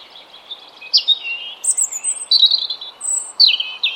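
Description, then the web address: European robin song: sweet high warbled phrases with downslurred notes and thin high whistles, delivered in short bursts throughout. "Deverinetal 2025 File origin Bird Only Er Ru"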